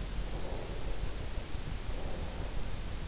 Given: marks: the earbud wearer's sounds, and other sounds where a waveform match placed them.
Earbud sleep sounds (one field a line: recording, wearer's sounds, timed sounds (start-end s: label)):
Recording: sounds in sleep by an in-ear microphone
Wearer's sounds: breath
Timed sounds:
0.03-3.00 s: breath